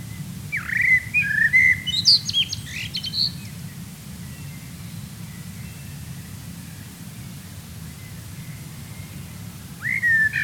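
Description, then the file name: Common blackbird song: a rich fluted phrase with squeaky high flourishes at the start, a long quiet gap, then another phrase beginning at the end. "Turdus merula"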